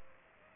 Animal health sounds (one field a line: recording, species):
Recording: mosquito wingbeat signal from an infrared sensor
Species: Aedes aegypti